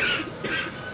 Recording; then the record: coughing mixed with background sound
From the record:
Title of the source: 64 coughing, allergies, singing lungs